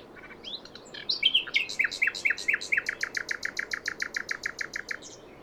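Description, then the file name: Common nightingale song: quick chips, then loud sweeping notes repeated in a series, running into a long steady rattling trill of rapid identical notes. "Luscinia megarhynchos"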